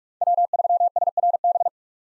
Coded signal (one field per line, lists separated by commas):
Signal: Morse code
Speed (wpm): 46 wpm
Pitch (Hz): 700 Hz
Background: none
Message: W3SRB